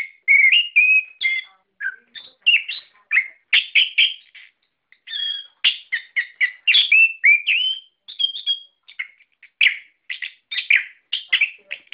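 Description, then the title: Bird chirping: lively, varied chatter of clipped chirps, twitters and short whistles, delivered in quick clusters with small pauses. "SuaraBurung Kicau4"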